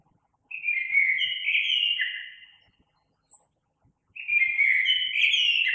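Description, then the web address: Common blackbird song: two rich, fluted warbling phrases with thin high squeaky notes, separated by a quiet pause. Recorded on 3 March 2020. "oiseaux Merle 2020 03 03"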